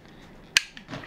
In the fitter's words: Quando a alavanca se encaixa no lugar.